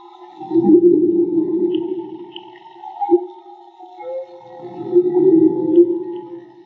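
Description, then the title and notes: Whale song: a long loud gravelly moan, a brief sharp knock, then another drawn-out rumbling moan with a faint higher squeak. Whale song, field recording made with DIY-built hydrophones; audio cleaned afterwards. "CANTO DE BALLENAS MAGMA. Grabación de campo y construcción dehidrofonos DIY: Jorge Barco. Limpieza de audio: Santiago Minotas"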